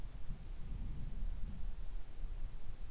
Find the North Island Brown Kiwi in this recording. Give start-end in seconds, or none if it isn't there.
none